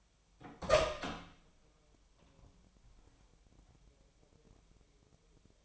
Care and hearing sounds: daily activity, microphone in the room; open door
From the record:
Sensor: 1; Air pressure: 1007.6 hPa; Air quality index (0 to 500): 194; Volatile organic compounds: 18 ppm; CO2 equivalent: 2624 ppm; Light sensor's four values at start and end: 12/31/12/14 and 13/32/13/14

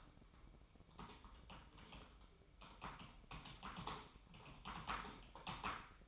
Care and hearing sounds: daily activity, microphone in the room; typing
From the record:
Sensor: 1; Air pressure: 1007.6 hPa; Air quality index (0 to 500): 79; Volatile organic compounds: 1 ppm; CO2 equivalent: 685 ppm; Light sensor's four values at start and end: 10/25/10/11 and 10/25/10/11

